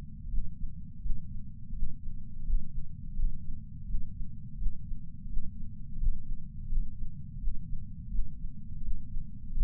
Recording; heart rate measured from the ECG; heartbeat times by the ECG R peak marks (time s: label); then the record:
heart sounds by patch sensor on the chest; 84 bpm
0.30 s: heartbeat
1.02 s: heartbeat
1.75 s: heartbeat
2.46 s: heartbeat
3.16 s: heartbeat
3.87 s: heartbeat
4.58 s: heartbeat
5.29 s: heartbeat
5.99 s: heartbeat
6.70 s: heartbeat
7.40 s: heartbeat
8.11 s: heartbeat
8.83 s: heartbeat
9.54 s: heartbeat
From the record:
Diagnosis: coronary artery disease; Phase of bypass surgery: preoperative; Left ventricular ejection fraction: 50.8%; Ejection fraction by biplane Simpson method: 50%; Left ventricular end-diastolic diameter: 50 mm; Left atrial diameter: 32 mm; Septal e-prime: 7.2 cm/s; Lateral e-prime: 9.1 cm/s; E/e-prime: 8.5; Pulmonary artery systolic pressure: 23 mmHg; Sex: male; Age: 65 years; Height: 170 cm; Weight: 65 kg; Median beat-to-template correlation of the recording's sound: 0.75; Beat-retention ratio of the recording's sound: 0.96